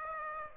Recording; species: mosquito wingbeat signal from an infrared sensor; Aedes aegypti